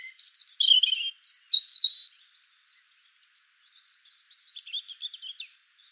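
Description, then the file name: European robin song: clear high whistled phrases sliding down, then thin high notes and a soft scratchy twittering trill toward the end. "Erithacus rubecula"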